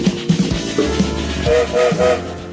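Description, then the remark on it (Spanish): A train whistle sounds in a few short, steady tonal blasts over the low rumble and clatter of a train slowly beginning to move. “Escucharon el silbato, ya estamos en marcha”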